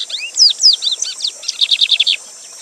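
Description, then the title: Lined seedeater song with varied swooping, sliding whistles that give way to a rapid chattering trill, set against a continuous high hiss. Teacher bird (professor de canto) named Gavião Negro, singing live with a waterfall. "Bigode Gavião Negro Professor De Canto Cantando Ao Vivo Com Cascata"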